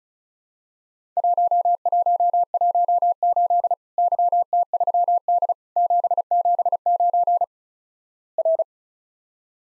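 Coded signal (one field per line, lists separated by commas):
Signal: Morse code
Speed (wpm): 36 wpm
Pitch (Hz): 700 Hz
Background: none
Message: 1118 YT3D 779 R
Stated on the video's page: Morse practice of Worked All Europe DX Contest QTC exchanges at 35 WPM; each sent in Morse, spoken, then sent again.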